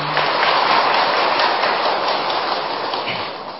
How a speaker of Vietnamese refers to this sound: Như vậy thì xin tán thán quý vị Phật tử bằng một tràng pháo tay.